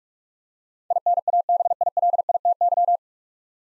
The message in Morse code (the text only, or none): INABILITY